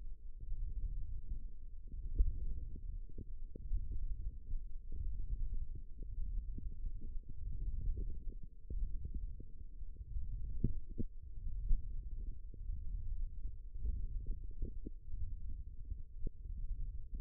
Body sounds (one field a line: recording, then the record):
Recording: forearm muscle sounds (acoustic myography)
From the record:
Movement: thumb flexion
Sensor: system 1, eight BSWA MPA416 microphones around the upper forearm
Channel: 3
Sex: female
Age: 22 years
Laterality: right